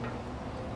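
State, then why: Not seated. A power cord plug is being pushed toward the power connector of a GE Current Arize Lynk LED grow light fixture installed on The GrowRack. Only steady, low handling noise is heard for 0.8 seconds, with no sharp sounds. The plug has not clicked or seated yet.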